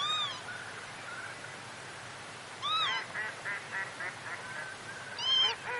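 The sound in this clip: Northern lapwing, three wheezy slurred calls spaced a couple of seconds apart, with quieter short chattering notes in between.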